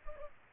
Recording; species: mosquito wingbeat signal from an infrared sensor; Culex pipiens